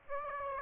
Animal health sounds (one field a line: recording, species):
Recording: mosquito wingbeat signal from an infrared sensor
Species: Aedes aegypti